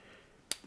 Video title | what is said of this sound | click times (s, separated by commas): Apple Watch - Adjusting & Fitting Budget JETech Stainless Steel Bracelet | clip it into place so we got this nice sort of two buttons to push to release and then it just clips into place | 0.5 s